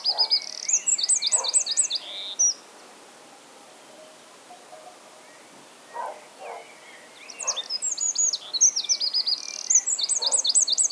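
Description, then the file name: Eurasian wren song: two loud bursts of rapid, high, metallic trills and chattering notes, separated by a pause of about five seconds, with soft low muffled sounds in between. "Troglodytes troglodytes"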